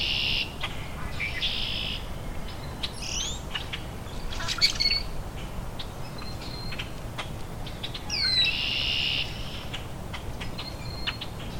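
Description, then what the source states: Rusty Blackbird song: short buzzy, high-pitched bursts and quick rising squeaky slurs, repeated at intervals, with scattered clicks and a constant low rumble behind. Male singing right in front in dogwoods.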